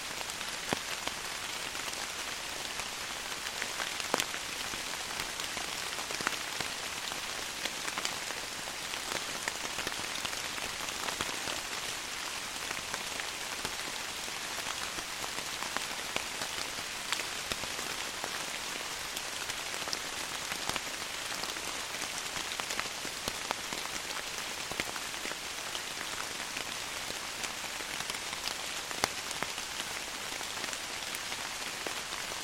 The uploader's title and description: Rain Through the Trees. Raindrops patter through the leaves in a quiet forest.